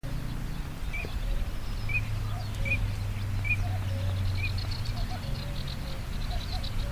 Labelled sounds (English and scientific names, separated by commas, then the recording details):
Eurasian Teal (Anas crecca) flight call
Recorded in the wild
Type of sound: flight call
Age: adult
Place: Zarnekow, Peenetal, Mecklenburg-Vorpommern, DE
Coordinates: 53.8756, 12.8906
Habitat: wetland
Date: 2010-06-08 21:16
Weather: fair, 20°C, weak easterly winds
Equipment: Sound Devices 702, Sennheiser MKH 70, Rycote Windschutz
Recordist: Frommolt, Karl-Heinz
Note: Polder Zarnekow-Upost: Rufe von drei Krickenten im Flug